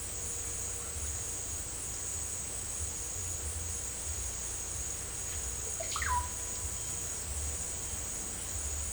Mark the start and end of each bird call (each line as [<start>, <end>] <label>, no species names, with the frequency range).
[5.81, 6.33] bird call (0.2-2.9 kHz)